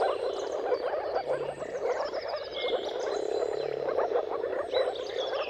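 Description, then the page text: Moor frogs calling together in a thick, continuous bubbling chorus, while several birds sing high trills and whistles in the background. Moor frogs giving mating calls in a dawn chorus at sunrise, at the turn of March and April depending on the weather; recorded by Jakub Orzecki. "Jakub-Orzecki moor frogs. Dawn’s Chorus: Mating Calls of Marsh Frogs at Sunrise. Depending on the weather at the turn of March and April, you can witness an amazing spectacle of moor frogs"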